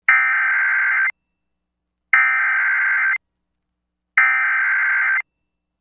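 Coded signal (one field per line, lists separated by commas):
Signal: Emergency Alert System (SAME) tones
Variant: header bursts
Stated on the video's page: Tornado Watch with valid EAS tones.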